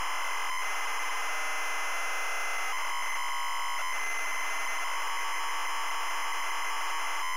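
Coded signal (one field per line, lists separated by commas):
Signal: ZX Spectrum tape loading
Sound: continuous harsh buzzing data screech with a brief change partway through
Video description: ZX Spectrum load up and quick game play of Where Time Stood Still 128k loaded up using a zx spectrum +3 with a wh smith cpd8300 cassette player.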